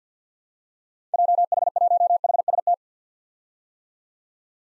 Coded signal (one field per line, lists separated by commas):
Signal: Morse code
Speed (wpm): 50 wpm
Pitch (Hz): 700 Hz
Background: none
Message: JH1HST